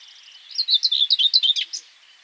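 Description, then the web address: Warbler giving a rapid chattering phrase of about a dozen scratchy, high notes over roughly one second, with a faint steady background hiss. "gray white throated warbler bird call"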